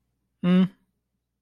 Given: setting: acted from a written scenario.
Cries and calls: vocal sound without words; neutral

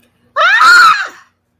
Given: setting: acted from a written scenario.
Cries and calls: vocal sound without words; distress

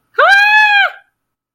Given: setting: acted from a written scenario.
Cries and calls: vocal sound without words; elation

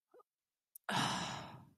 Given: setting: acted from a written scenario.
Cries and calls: vocal sound without words; shame

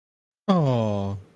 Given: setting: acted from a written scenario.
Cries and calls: vocal sound without words; adoration

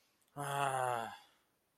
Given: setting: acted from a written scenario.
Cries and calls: vocal sound without words; anger

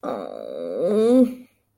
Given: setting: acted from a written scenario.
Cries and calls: vocal sound without words; embarrassment

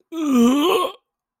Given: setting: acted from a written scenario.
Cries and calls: vocal sound without words; disgust

